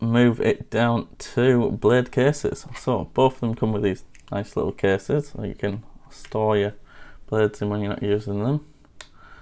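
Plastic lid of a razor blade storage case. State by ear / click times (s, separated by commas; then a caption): seated / 9.0 s. Someone talks, then the plastic lid of a small razor blade storage case is snapped closed. A short, sharp click is heard at 9.0 s as the lid clicks shut and seats.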